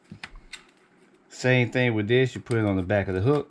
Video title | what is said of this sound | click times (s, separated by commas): Avoid Obstacles Drone Unboxing Unboxing | put that back on the hook boom you hear it click | 0.2 s